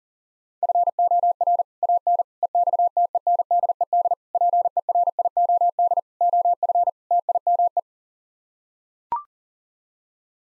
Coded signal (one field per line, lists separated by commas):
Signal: Morse code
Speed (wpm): 40 wpm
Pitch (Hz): 700 Hz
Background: none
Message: FOR AN EXTENDED PERIOD OF TIME